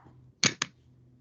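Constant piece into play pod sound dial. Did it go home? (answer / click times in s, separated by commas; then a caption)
yes / 0.4 s, 0.6 s. A constant one piece is pushed into the sound dial of a play pod and seats with a sharp click at 0.4 s, followed by a second, lighter click at 0.6 s. A low background hum runs underneath throughout.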